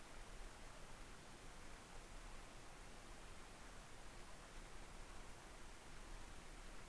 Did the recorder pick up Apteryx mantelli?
no